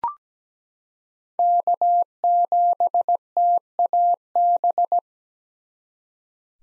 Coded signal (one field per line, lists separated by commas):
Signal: Morse code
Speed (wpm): 17 wpm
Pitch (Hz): 700 Hz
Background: none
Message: K7TAB